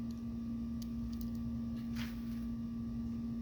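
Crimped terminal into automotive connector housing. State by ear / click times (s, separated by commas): not seated / none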